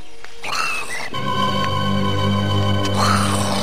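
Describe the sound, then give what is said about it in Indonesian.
An angry, red-eyed large monkey vocalizes in loud, harsh calls: a short cry at the start, then a long sustained low growl, ending with another rising shriek as it attacks. “Astaga, monyet besar berdiri di depanku.”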